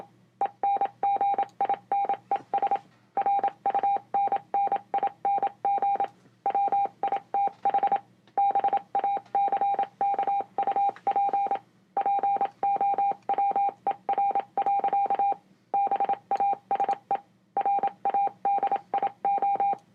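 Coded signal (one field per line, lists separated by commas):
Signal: Morse code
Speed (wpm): 27 wpm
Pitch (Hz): 800 Hz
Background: none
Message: ENGINES RUNNING WITH BACKUP POWER. BASE RADIO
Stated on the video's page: Morse code played as a speaker sound test.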